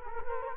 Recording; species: mosquito wingbeat signal from an infrared sensor; Culex quinquefasciatus